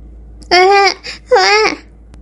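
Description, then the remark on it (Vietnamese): A baby cries in two short, high-pitched wails separated by a brief pause, each one strained and slightly falling in pitch at the end, with a faint sob between them. “đứa nhỏ vừa rồi hãy còn cười đùa, đột nhiên cất tiếng khóc.”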